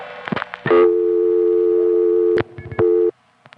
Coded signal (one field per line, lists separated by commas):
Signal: telephone call progress tone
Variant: North America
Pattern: dial tone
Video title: What Was 4-5-0? part 3: Getting Into the Test Lines & Mechanical Tones of the NY Area, 1971-77